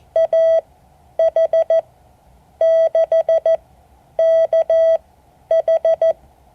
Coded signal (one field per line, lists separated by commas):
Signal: Morse code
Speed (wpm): 14 wpm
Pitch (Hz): 650 Hz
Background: none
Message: AH6KH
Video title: Morse code class 2024-08-04 (7 of 12)